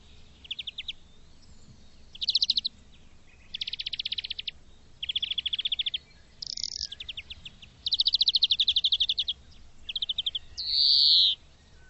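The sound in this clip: Bird giving a run of fast high trills and rattles in short bursts, ending with one long high downward-sliding whistle.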